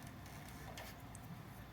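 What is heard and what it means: A small metal retaining clip is pushed onto the back of the passenger footpeg pivot pin on a Triumph Thruxton R motorcycle to hold the peg on its bracket. Against a steady low background hum, a short broadband rustle comes at 0.8 s, then a sharp, brief metallic snap at 1.2 s. The clip pops onto the peg pin and is seated.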